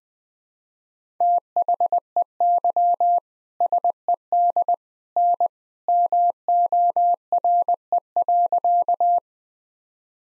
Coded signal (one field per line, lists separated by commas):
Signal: Morse code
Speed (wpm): 20 wpm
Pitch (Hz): 700 Hz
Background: none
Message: THEY SED N MORE.